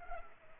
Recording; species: mosquito wingbeat signal from an infrared sensor; Culex pipiens